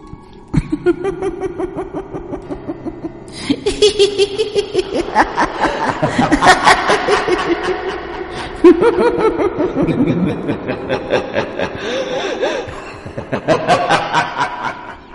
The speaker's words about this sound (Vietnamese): tiếng cười kinh dị mà ngoài cô Thao ra thì chẳng ai nghe được, nhưng thậm chí đến cô Thao cũng chỉ là nghe tiếng cười khanh khách của trẻ con, chứ không phải là cái thứ tiếng cười man dở như nó đang diễn ra.